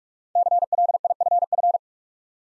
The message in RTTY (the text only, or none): none